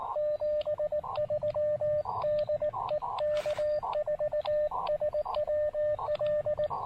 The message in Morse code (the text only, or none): 73 DE K4SWL